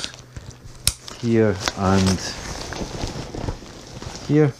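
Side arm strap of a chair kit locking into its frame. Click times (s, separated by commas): 0.9 s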